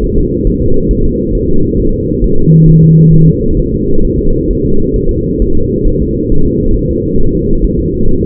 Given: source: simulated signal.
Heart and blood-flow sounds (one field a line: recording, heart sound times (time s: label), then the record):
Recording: fetal heart sounds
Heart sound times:
0.04 s: S1
0.18 s: S2
0.47 s: S1
0.62 s: S2
0.91 s: S1
1.05 s: S2
1.35 s: S1
1.49 s: S2
1.79 s: S1
1.94 s: S2
2.24 s: S1
2.39 s: S2
2.69 s: S1
2.83 s: S2
3.14 s: S1
3.28 s: S2
3.59 s: S1
3.74 s: S2
4.05 s: S1
4.19 s: S2
4.51 s: S1
4.65 s: S2
4.96 s: S1
5.11 s: S2
5.42 s: S1
5.56 s: S2
5.87 s: S1
6.02 s: S2
6.32 s: S1
6.46 s: S2
6.76 s: S1
6.91 s: S2
7.21 s: S1
7.35 s: S2
7.64 s: S1
7.79 s: S2
8.08 s: S1
8.23 s: S2
From the record:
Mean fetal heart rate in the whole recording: 135 bpm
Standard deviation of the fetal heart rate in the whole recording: 3 bpm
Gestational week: 36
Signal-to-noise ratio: -19.1 dB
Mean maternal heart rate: 72 bpm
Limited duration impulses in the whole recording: present